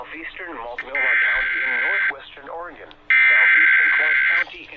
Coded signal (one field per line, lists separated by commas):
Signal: Emergency Alert System (SAME) tones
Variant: header bursts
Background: speech